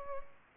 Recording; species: mosquito wingbeat signal from an infrared sensor; Aedes albopictus